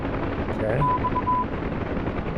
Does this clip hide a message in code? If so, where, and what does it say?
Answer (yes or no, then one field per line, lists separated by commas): no